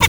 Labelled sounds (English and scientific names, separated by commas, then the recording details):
Zebra Finch (Taeniopygia guttata) tet call
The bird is a male
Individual mal11